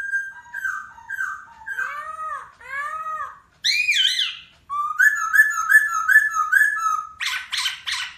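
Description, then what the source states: Masked laughingthrush: bird song of rich whistled phrases, some swooping low, a rapid trilled series of bright notes, and a final burst of harsh scratchy sounds. Local Indonesian name Poksai Hongkong; song said to captivate other birds.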